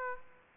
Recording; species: mosquito wingbeat signal from an infrared sensor; Aedes aegypti